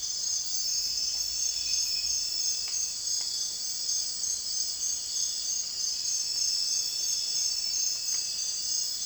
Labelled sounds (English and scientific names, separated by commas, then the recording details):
none
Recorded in dense forest near Puerto Asís, Putumayo, Colombia, on 21 December 2024 at 03:00
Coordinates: 0.467, -76.328
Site GP05